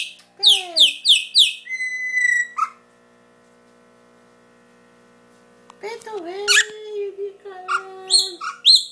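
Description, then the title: Chopi blackbird singing: a run of bright, falling whistled notes, then a long steady whistle, a pause, and a lower drawn-out note among sharp, clear phrases. "Passaro Preto"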